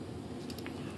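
After soldering the nav light wiring on a Volantex/Lanyu ASW-28 RC glider, a soldered connector pin is slipped back into its plastic connector housing. Over a steady low background hum, three short, sharp snaps are heard at 0.5, 0.6 and 0.7 seconds as the pin seats in the housing.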